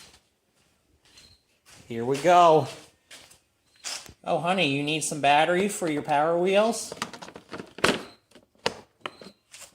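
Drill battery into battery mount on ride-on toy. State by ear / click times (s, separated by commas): partly seated / 8.7 s, 9.1 s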